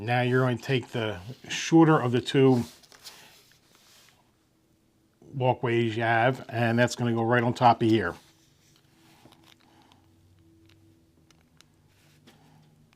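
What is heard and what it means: Someone talks while handling the shorter of two walkway pieces for a die-cast FDNY Ladder 9 model fire truck, positioning it to go on top of the truck, with only faint handling sounds after the talking. Nothing has seated or clicked yet.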